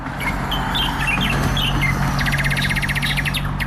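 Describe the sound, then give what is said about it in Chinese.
At dawn in Xiaogang Village, small birds in the trees chirp in scattered high tweets, then one breaks into a rapid, evenly pulsed trill, all over a steady low rumbling hum. “清晨，小鸟在树上欢脱地练着嗓，小岗村迎来了新的一天。”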